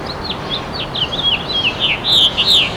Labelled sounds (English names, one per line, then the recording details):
House Finch song
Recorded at Bay Shore on Long Island, New York, on 29 May 2013
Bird E